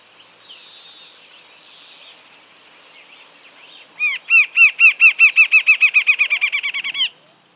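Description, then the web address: Rufous-capped antshrike singing a loud series of many hooked notes that speed up and shorten toward the end, after a few seconds of faint bird chatter. In South America. "Natures Songs S America Rufous-Capped Antshrike"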